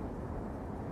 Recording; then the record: background sound without coughing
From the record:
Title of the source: Train Ride Ambience ambient white noise for sleeping, focus, studying, reading